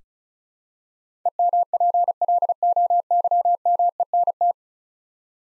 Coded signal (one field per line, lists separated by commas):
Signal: Morse code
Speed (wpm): 36 wpm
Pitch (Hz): 700 Hz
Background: none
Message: EMPLOYMENT